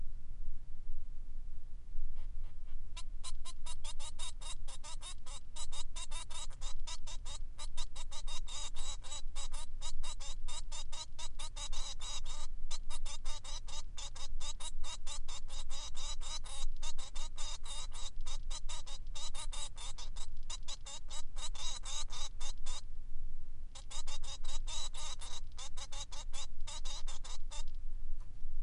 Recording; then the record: song of a male Bengalese finch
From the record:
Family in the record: son of father 3